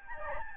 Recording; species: mosquito wingbeat signal from an infrared sensor; Aedes albopictus